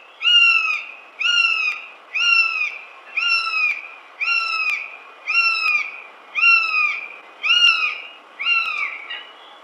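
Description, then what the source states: Northern goshawk calling: ten harsh, slightly falling notes delivered about once a second in an even, steady series. Uzbekistan.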